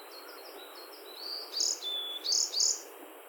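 Bird singing a quick sequence of very high notes: several soft repeated chirps first, then louder bright phrases and a thin sustained whistle, over background hiss.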